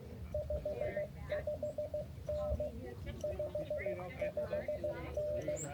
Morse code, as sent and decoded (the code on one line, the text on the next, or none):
..... ..... -. / ..... ..... -.
55N 55N